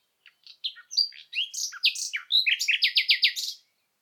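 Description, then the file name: Common nightingale singing a varied phrase of slurred whistles that builds into a rapid, evenly repeated series of loud sharp notes. "Luscinia megarhynchos"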